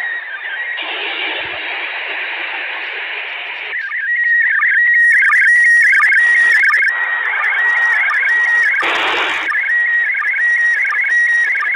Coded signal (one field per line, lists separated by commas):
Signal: SSTV (slow-scan television)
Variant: PD 90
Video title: VR SSTV HARI PAHLAWAN YH8QAS RSI SULUT, 11 NOVEMBER 2023 UTC 8:37 gird location OI52eg